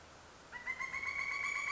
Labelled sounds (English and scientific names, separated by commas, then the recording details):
Pileated Woodpecker (Dryocopus pileatus)
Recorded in Sonoma County, California